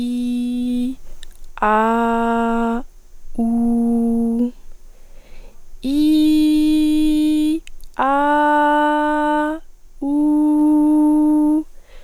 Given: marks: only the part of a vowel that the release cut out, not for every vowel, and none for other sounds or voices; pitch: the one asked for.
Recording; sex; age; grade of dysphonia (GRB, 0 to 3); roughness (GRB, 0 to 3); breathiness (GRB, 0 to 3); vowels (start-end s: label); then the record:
sustained vowels; female; 20 to 29 years; 0; 0; 0
0.00-0.79 s: vowel /i/, normal pitch
1.77-2.74 s: vowel /a/, normal pitch
3.48-4.31 s: vowel /u/, normal pitch
6.01-7.34 s: vowel /i/, high pitch
8.14-9.38 s: vowel /a/, high pitch
10.22-11.46 s: vowel /u/, high pitch
From the record:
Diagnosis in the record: healthy voice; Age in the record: 20 years